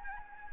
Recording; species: mosquito wingbeat signal from an infrared sensor; Anopheles gambiae